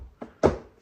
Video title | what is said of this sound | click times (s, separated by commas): AUTO MOWER DRIVING WHEEL REPLACEMENT - can it be done with parts from AliExpress? | you should feel a positive click when you push down. | 0.2 s